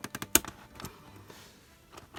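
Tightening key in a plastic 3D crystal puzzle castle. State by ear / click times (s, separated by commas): torque reached / 0.4 s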